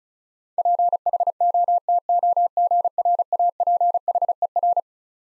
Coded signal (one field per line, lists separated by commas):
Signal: Morse code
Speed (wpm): 36 wpm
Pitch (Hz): 700 Hz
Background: none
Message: PHOTOGRAPHER